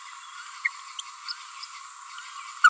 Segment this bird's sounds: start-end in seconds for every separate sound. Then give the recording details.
0.99-1.01, 1.28-1.33, 2.64-2.69. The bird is a female. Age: 29 days. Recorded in a nest box in Venezuela. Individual 17B42A4